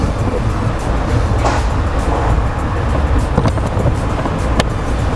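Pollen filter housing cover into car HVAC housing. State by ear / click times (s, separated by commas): seated / 4.6 s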